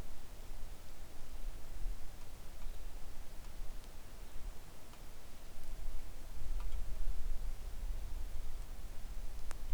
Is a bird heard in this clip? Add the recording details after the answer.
no. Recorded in the Arctic National Wildlife Refuge, Alaska, on 3 August 2019 at 10:34. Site 41